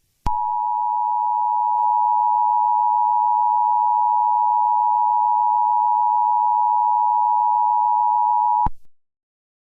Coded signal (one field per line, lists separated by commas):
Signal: Emergency Alert System (SAME) tones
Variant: 853 and 960 Hz attention tone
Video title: An Special EAS Scenario: Sarah The Killer